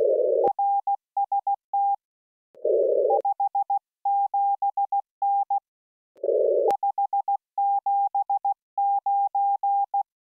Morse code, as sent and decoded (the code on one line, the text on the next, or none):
.-. ... - / ..... --... -. / ..... --... ----.
RST 57N 579